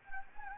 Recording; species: mosquito wingbeat signal from an infrared sensor; Anopheles gambiae